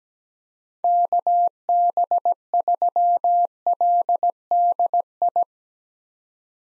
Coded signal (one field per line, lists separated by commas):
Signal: Morse code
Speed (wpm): 17 wpm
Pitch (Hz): 700 Hz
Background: none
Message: KB3LDI